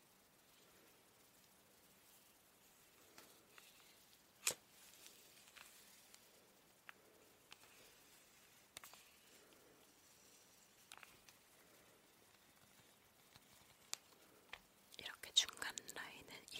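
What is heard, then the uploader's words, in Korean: A hair iron is used with soft swishing strokes. Mostly quiet, with faint rustles and scattered light clicks, including sharper snaps near 4.5 and 9 seconds. Near the end, the swishing turns busier and brighter, with a quick cluster of crisp strokes. Hair brushing. 슥슥 고데기 하는 소리.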